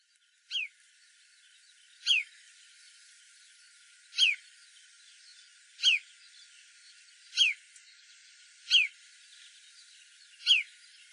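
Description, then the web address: Marsh sandpiper giving seven sharp, downward-sliding whistled calls, spaced evenly about every one and a half to two seconds, over a faint steady background hiss. Recorded in Saga, Japan, on 28 April 2013. "koe koaoashi 130428 saga moriya"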